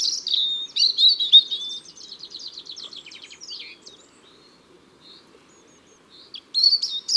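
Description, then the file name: European robin singing a tumbling, high warbled phrase that fades into a soft trill, then a new bright phrase begins near the end. Ardèche, France. "Rougegorge Familier Concerts Naturels De l'Ardeche"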